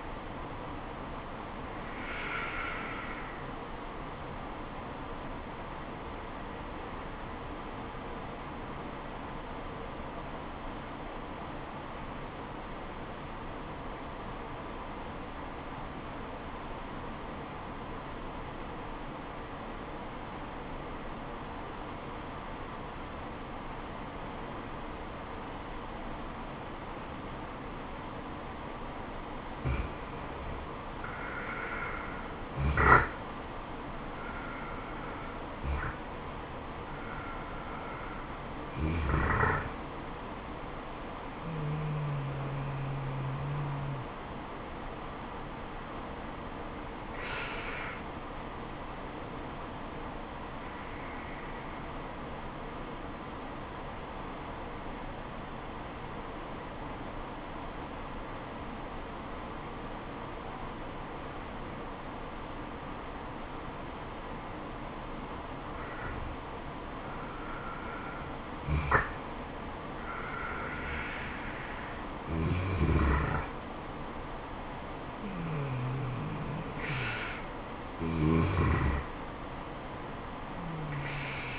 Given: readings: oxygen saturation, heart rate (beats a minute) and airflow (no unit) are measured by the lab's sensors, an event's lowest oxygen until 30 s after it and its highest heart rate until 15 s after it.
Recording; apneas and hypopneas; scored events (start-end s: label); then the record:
breathing in sleep by a voice recorder at the bedside; 2
8.00-30.90 s: obstructive apnea (N2, oxygen 97% highest, then 86% lowest, heart rate 72 at the start, 75 highest)
49.00-67.50 s: obstructive apnea (N2, oxygen 96% highest, then 90% lowest, heart rate 74 at the start, 77 highest)
From the record:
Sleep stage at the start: N2 (light sleep); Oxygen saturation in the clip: 85 to 97%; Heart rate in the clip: 67 to 77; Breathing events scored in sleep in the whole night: 426 in 7.4 hours asleep